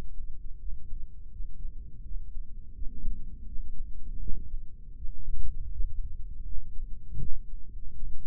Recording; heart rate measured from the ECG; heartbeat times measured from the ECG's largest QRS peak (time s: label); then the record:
heart sounds by microphone in the right ear; 82 bpm
0.59 s: heartbeat
1.31 s: heartbeat
2.03 s: heartbeat
2.74 s: heartbeat
3.46 s: heartbeat
4.20 s: heartbeat
4.96 s: heartbeat
5.72 s: heartbeat
6.45 s: heartbeat
7.20 s: heartbeat
7.94 s: heartbeat
From the record:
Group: healthy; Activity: rest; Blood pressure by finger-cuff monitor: 171/91 mmHg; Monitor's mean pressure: 108 mmHg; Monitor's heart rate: 83 bpm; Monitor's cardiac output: 8.2 L/min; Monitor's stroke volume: 99 mL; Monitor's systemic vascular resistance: 960 dyn s/cm5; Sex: male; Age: 57 years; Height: 188 cm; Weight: 106 kg